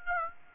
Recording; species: mosquito wingbeat signal from an infrared sensor; Aedes aegypti